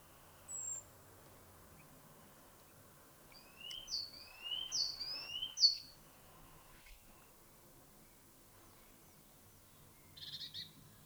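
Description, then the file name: Great tit song, three quick two-note phrases over a steady background hiss, with a faint high note before and a brief sound after. "Parus major"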